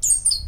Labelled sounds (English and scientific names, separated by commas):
Stitchbird (Notiomystis cincta) song